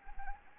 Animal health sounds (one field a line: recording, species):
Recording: mosquito wingbeat signal from an infrared sensor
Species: Anopheles arabiensis